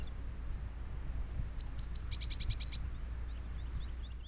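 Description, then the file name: Eurasian blue tit song: two or three thin high notes followed by a fast, even trill of about eight notes, lasting just over a second. "Cyanistes caeruleus"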